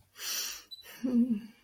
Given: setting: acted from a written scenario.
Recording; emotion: vocal sound without words; serenity